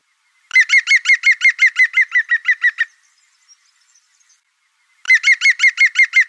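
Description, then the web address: European green woodpecker calling a rapid, ringing yaffle of many evenly spaced notes; after a quiet gap a second series starts. "Oiseaux Pic Vert"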